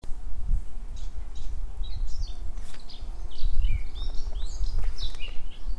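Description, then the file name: Eurasian blackcap singing a scratchy, varied warble of quick chirps and short whistles, heard over constant low rumbling noise. "Sylvia atricapilla"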